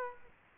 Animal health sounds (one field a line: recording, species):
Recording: mosquito wingbeat signal from an infrared sensor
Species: Aedes aegypti